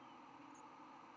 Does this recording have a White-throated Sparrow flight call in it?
no